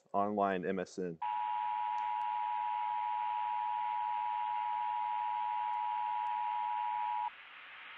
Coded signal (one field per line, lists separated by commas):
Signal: Emergency Alert System (SAME) tones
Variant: 853 and 960 Hz attention tone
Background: speech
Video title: EAS Scenario Reactions